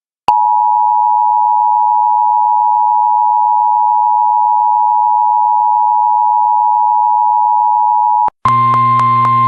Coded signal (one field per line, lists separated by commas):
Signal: Emergency Alert System (SAME) tones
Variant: 853 and 960 Hz attention tone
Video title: US Emergency Alert Systems 2026 (part 7)